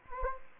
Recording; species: mosquito wingbeat signal from an infrared sensor; Anopheles gambiae